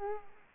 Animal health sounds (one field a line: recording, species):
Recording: mosquito wingbeat signal from an infrared sensor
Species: Culex quinquefasciatus